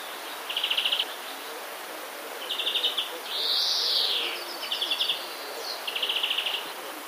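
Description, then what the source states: Common redstart giving imitated phrases: short rattling trills separated by pauses and one long wheezing buzz in the middle. Song containing phrases borrowed from the European greenfinch.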